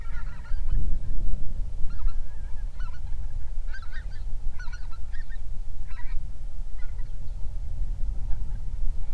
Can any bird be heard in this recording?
yes